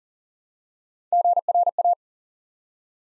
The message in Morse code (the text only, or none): GRA